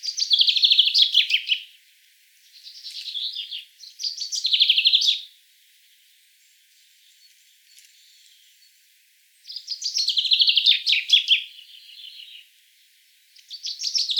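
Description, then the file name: Common chaffinch song repeated, loud rattling phrases that tumble downward, with quieter notes between them and one gap of about four seconds. "Fringilla coelebs"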